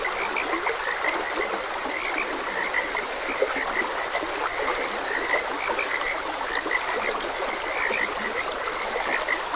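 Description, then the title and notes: Dense chorus of frogs, high repeated croaks layered thickly throughout, accompanied by the even trickle of a stream. Frogs croaking beside a gentle stream. "Gentle Stream and Frogs Croaking - Calming Sounds of Nature. Sleep and Relaxation Podcast"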